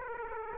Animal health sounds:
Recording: mosquito wingbeat signal from an infrared sensor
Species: Aedes aegypti

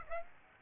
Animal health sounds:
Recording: mosquito wingbeat signal from an infrared sensor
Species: Aedes aegypti

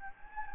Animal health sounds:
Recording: mosquito wingbeat signal from an infrared sensor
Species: Anopheles gambiae

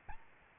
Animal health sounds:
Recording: mosquito wingbeat signal from an infrared sensor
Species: Aedes albopictus

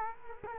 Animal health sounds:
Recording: mosquito wingbeat signal from an infrared sensor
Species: Culex quinquefasciatus

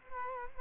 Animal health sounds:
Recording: mosquito wingbeat signal from an infrared sensor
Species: Culex quinquefasciatus

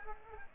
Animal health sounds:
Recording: mosquito wingbeat signal from an infrared sensor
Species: Aedes aegypti

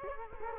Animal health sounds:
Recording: mosquito wingbeat signal from an infrared sensor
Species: Culex quinquefasciatus

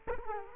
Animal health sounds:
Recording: mosquito wingbeat signal from an infrared sensor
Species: Culex quinquefasciatus

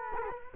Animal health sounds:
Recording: mosquito wingbeat signal from an infrared sensor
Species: Culex quinquefasciatus

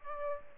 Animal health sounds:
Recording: mosquito wingbeat signal from an infrared sensor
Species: Aedes aegypti

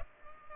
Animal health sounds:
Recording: mosquito wingbeat signal from an infrared sensor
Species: Culex pipiens

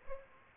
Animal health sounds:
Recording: mosquito wingbeat signal from an infrared sensor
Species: Aedes aegypti

